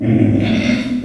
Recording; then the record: squeal of a Yucatan mini pig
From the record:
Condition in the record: after surgery on the right vocal fold (resection and tissue-engineered implant); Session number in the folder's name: 3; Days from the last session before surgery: 21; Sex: female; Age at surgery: 19 weeks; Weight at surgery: 25 kg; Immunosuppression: prednisolone